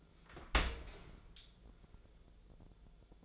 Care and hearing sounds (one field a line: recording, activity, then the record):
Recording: daily activity, microphone in the room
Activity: open dishwasher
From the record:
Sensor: 5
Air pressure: 1000.6 hPa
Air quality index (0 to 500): 156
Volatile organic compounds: 2 ppm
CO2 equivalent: 1198 ppm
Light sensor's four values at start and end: 45/102/44/48 and 46/104/45/48